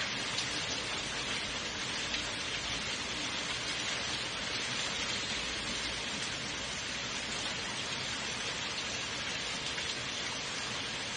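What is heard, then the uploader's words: Steady rain falls in a dense, even hiss, bright with countless tiny drops pattering on a surface. The level barely changes across the eleven seconds, with a soft low rumble underneath that may be ocean. Quiet rain and ocean bliss and morning light natural white noise.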